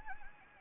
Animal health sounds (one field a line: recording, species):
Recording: mosquito wingbeat signal from an infrared sensor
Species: Anopheles gambiae